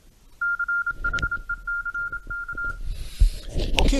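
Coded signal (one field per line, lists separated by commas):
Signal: Morse code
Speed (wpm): 27 wpm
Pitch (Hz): 1400 Hz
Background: speech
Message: CHECK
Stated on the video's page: Kenwood TS-590 transceiver.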